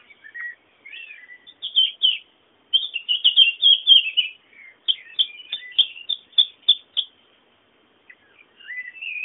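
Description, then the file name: Bird song, high twittering phrases with sharp clipped chirps in quick series, a short pause, then soft chirps at the end. Background bird sounds. "fondo pajaros"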